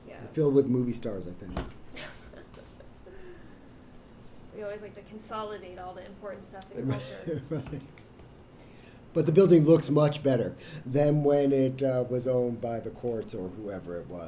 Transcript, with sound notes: Filled with movie stars, I think.
We always like to consolidate all the important stuff in culture.
Right. [laughs] But the building looks much better than when it was owned by the courts or whoever it was.